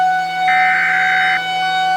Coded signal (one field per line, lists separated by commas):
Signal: Emergency Alert System (SAME) tones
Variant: header bursts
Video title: Corny Catastrophe: An MLP Weather EAS Scenario Spinoff